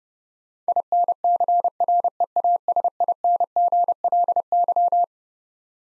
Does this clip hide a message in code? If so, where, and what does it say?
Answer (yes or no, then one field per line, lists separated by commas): yes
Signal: Morse code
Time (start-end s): 0.7-5.0 s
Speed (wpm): 32 wpm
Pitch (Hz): 700 Hz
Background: none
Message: INCREASINGLY